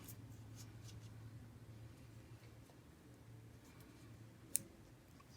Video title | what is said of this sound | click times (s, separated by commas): Apple Watch Series 3 Case TPU Bumper Cover With HD Protective Screen Unboxing and Review | you can hear it click in and attach you always want to definitely hide that you don't want this to fall off when you're wearing it | 4.6 s